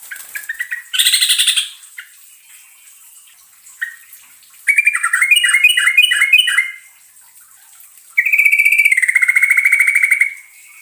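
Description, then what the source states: Yellow-vented Bulbul song: a harsh burst, then a series of quick bubbling notes, and a long, even, rolling trill that drops slightly in pitch. Trucukan bird singing the ropelan long-trill song style, ngerol panjang.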